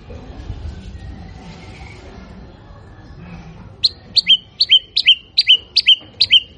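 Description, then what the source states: White-rumped shama: quiet start, then crisp falling whistle notes repeated quickly. Actively singing bird used as a lure to provoke a response from other birds.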